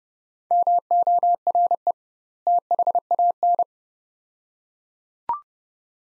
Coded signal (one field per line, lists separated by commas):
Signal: Morse code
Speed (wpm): 30 wpm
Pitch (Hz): 700 Hz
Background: none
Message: MORE THAN